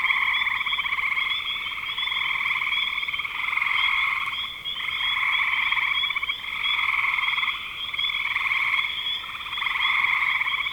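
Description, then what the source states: Many frogs giving pulsed trills in chorus, stacked bands of sound with several short pauses. Frogs recorded in spring 2025.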